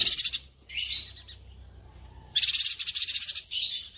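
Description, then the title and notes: Spiderhunter song: a short burst of harsh high chatter, a trailing buzzy phrase, a quiet gap, then a longer vigorous rattling burst ending in softer notes. Master song for training birds; bird singing vigorously (gacor), clear and long. "Pijantung Gunung Gacor Jernih Panjang. Masteran burung"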